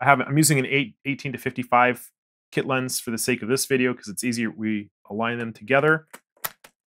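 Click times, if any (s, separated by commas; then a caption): 6.4 s. Someone talks while an 18-55 kit zoom lens is lined up on the red alignment marker of a Fuji X-H2S / X-H2 mirrorless camera's bayonet mount and rotated. At 6.5 s a short, sharp click is heard as the lock pin engages, and the lens is seated and locked on the mount.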